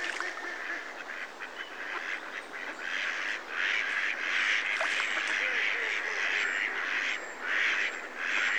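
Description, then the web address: Mallard quacking calls, many nasal quacks and chatter overlapping continuously. Close-up. "BBC Sound Effects Library. Mallard (Anas Platyrhynchos)"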